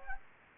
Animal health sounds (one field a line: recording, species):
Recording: mosquito wingbeat signal from an infrared sensor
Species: Anopheles gambiae